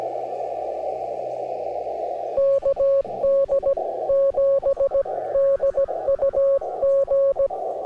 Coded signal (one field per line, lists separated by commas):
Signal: Morse code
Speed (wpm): 17 wpm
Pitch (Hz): 550 Hz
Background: radio noise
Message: KD7DUG